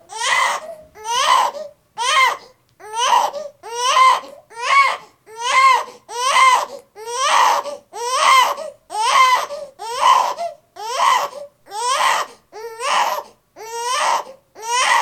Baby Crying Long.